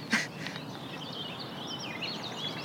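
A nightingale sings faintly in a steady run of high, varied whistles and trills, over a soft background hiss, with a brief sharp click near the start.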